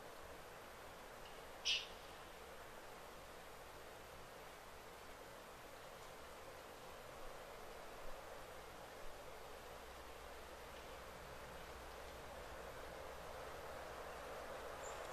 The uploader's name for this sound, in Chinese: 林薮呖呖·极静深野